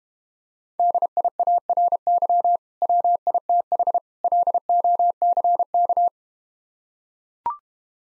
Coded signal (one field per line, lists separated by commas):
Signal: Morse code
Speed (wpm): 31 wpm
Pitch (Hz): 700 Hz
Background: none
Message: DIARY WITH LOCK